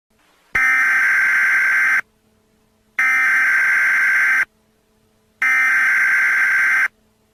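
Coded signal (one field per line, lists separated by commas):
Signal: Emergency Alert System (SAME) tones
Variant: header bursts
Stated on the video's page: Fictional alert based on the Wii game Super Mario Galaxy, using valid EAS tones.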